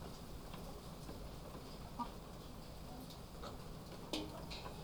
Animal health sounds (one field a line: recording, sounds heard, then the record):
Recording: poultry house recording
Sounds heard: sick chickens (respiratory disease)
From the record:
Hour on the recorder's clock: 2